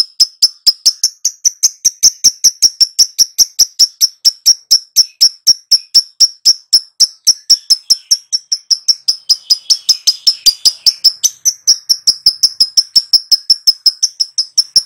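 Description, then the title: Lovebird in a sustained, fast chatter of high, clipped ticking notes, repeated evenly throughout. Recording used as a lure (pancingan) to prompt a lovebird to respond and sing vigorously (gacor). "Pancingan Lovebird Agar Nyaut GACOR."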